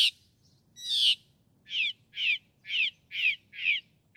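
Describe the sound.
Northern mockingbird song, harsh raspy notes repeated about twice a second.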